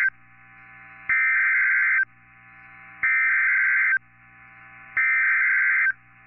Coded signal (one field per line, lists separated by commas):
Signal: Emergency Alert System (SAME) tones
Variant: header bursts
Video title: Stormy Sunday... EAS Alerts From 4/10/21 & 4/11/21- EAS #209 - #225